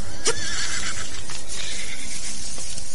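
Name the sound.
horse neighing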